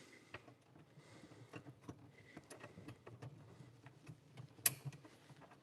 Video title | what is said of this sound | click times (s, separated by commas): Recovery Addict Tech Build | That's nice. Satisfying click. That one's in. | 4.7 s